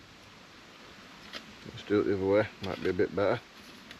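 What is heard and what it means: A steel ash tray is handled against a folded stainless steel G2 Firebox folding camp stove while it is packed down, to clip onto the body and hold it closed. Someone talks over faint handling noise and low background hiss. Nothing has seated or clicked yet.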